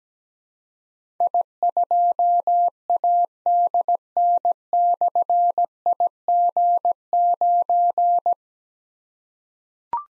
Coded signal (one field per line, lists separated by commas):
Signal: Morse code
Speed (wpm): 17 wpm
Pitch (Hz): 700 Hz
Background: none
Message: I2ADN/IG9